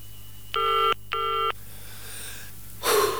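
Two steady electronic telephone dialing tones on the telephone line of the radio station FM de la Azotea, each lasting under half a second with a short gap between, followed by a brief burst of breathy hiss. No one speaks.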